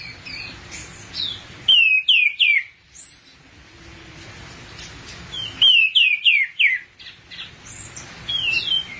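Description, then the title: Thrush song with two runs of four or five quickly falling slurred whistles, and softer high notes around them. "burung anis x"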